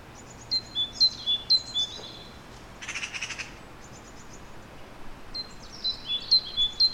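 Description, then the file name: Great tit song: clear two-note phrases, high then lower, repeated about twice a second, broken by a brief harsh burst of another sound midway, then resuming. "Parus major"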